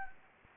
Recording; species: mosquito wingbeat signal from an infrared sensor; Anopheles gambiae